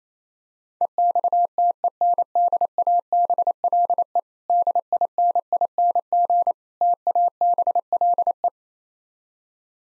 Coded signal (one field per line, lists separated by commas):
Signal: Morse code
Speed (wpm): 28 wpm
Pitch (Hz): 700 Hz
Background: none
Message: EXTENDABLE DINING TABLE